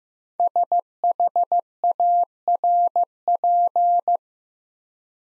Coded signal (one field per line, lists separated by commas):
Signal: Morse code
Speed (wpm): 15 wpm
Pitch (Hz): 700 Hz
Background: none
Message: SHARP